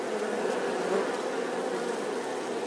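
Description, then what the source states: Brief stretch of honey bee swarm noise, a steady, dense buzzing hum. Bee swarm buzzing outside the hive.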